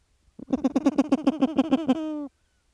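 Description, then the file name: Grey petrel call: a quick run of throaty pulsed notes that ends in a smooth held moaning note. "Philippe Lambret - P trel gris"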